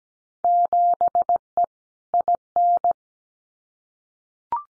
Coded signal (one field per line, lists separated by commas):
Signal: Morse code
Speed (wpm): 17 wpm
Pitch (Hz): 700 Hz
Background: none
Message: 7E IN